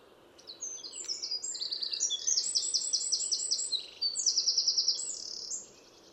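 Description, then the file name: Eurasian wren singing a vigorous, high-pitched phrase of fast repeated notes and trills, over a steady low hiss. "Troglodytes troglodytes"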